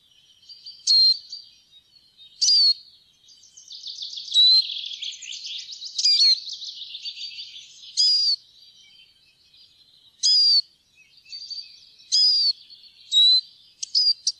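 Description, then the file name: Eurasian siskin song, a long high twittering warble broken by loud strained wheezy notes recurring every one to two seconds. "groennsisik"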